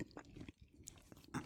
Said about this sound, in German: Nehmen wir noch ein bisschen Brot, denn irgendwie bleibt der Geschmack. Ziemlich lange sogar. Also ich muss jetzt auch zweimal abbeißen vom Brot, dass ich jetzt einigermaßen den Geschmack rauskriege.